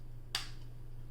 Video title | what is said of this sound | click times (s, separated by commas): Kobra 3 Max Printhead Disassembly Guide - No More Jams! | There, it's snapped in. | 0.3 s